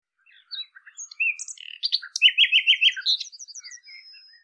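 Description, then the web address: Common nightingale song: a varied phrase of chirps and short whistles builds into a loud run of rapid repeated notes, ending with a thin high whistle. "2025 Bird Lu Me"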